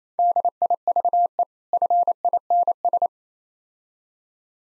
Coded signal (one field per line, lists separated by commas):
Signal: Morse code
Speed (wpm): 31 wpm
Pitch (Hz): 700 Hz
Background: none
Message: DIVE FINS